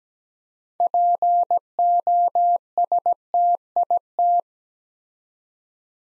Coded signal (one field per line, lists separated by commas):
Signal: Morse code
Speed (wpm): 17 wpm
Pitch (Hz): 700 Hz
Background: none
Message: POSTIT